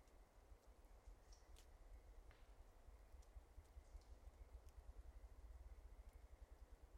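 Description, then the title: Ruffed grouse drumming, low thumping pulses under a steady rumble, becoming quicker and more distinct toward the end. Male in North America during mating season, on a log declaring territory and availability; fluffs feathers and pounds rapidly every five to twelve minutes, producing low rapid thumping. "Ruffed Grouse - Bonasa umbellus - male drumming"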